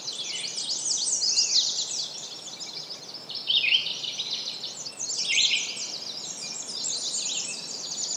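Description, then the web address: Bird chorus with dense, high twittering and quick trilled phrases overlapping continuously, swelling slightly at moments, over faint background hiss. "pleasantforest vtour Bird Sounds"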